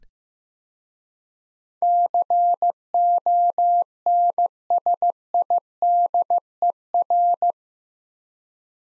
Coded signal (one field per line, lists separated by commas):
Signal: Morse code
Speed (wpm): 15 wpm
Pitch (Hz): 700 Hz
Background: none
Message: CONSIDER